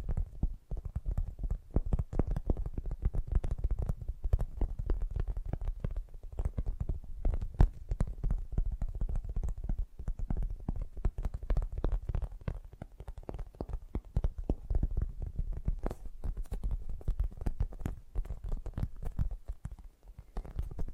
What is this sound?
Fast & Gentle Tapping